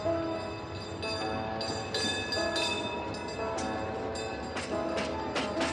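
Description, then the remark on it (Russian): A tram rolls steadily along its rails, a continuous low rumble layered with a high metallic whine, broken by several sharp clanks and rattles of wheels over track joints. No one speaks. “Жили в парке два трамвая – «Клик» и «Трам». Выходили они вместе по утрам.”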